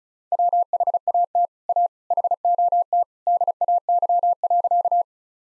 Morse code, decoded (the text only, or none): WHAT A HOT DAY.